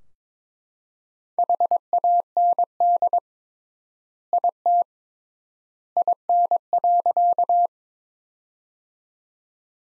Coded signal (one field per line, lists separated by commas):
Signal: Morse code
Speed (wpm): 22 wpm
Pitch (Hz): 700 Hz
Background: none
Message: HAND IT IN.